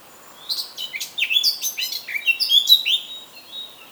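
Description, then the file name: Eurasian blackcap song: a rapid, varied warbling phrase of chattering and fluty notes lasting about three seconds, with nothing else audible. "Sylvia atricapilla"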